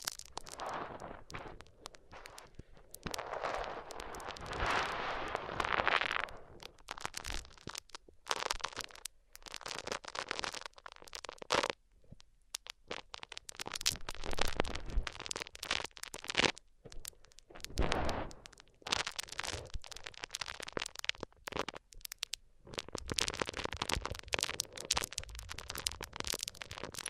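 A microphone is rubbed across different surfaces, making scratchy, crackling friction noise in irregular bursts. Dense scraping stretches near 3–6 and 20–27 seconds alternate with short quiet gaps and sharp knocks, the texture shifting between rougher and smoother strokes.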